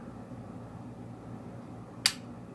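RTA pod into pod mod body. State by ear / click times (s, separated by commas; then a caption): seated / 2.1 s. A plastic Voopoo RTA pod is pushed into the body of a Sigelei Humvee 80 pod mod (2020), where a very strong magnet holds it. After a low, steady background hum, a single sharp, bright click sounds at 2.1 s. The pod seats and locks into place.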